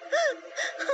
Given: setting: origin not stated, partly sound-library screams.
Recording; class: one-second piece from a danger detection set; woman in danger